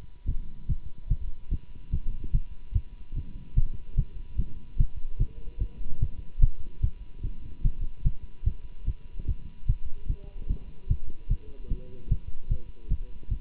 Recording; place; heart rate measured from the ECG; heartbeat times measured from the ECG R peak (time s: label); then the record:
heart sounds by stethoscope; between the tricuspid and mitral areas; 147 bpm
0.27 s: heartbeat
0.68 s: heartbeat
1.09 s: heartbeat
1.50 s: heartbeat
1.91 s: heartbeat
2.33 s: heartbeat
2.74 s: heartbeat
3.15 s: heartbeat
3.56 s: heartbeat
3.96 s: heartbeat
4.37 s: heartbeat
4.78 s: heartbeat
5.19 s: heartbeat
5.59 s: heartbeat
6.00 s: heartbeat
6.41 s: heartbeat
6.82 s: heartbeat
7.22 s: heartbeat
7.63 s: heartbeat
8.04 s: heartbeat
8.45 s: heartbeat
8.86 s: heartbeat
9.26 s: heartbeat
9.67 s: heartbeat
10.08 s: heartbeat
10.48 s: heartbeat
10.89 s: heartbeat
11.29 s: heartbeat
11.69 s: heartbeat
12.09 s: heartbeat
12.49 s: heartbeat
12.89 s: heartbeat
13.30 s: heartbeat
From the record:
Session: Bruce protocol treadmill stress test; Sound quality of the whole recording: good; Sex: male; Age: 24 years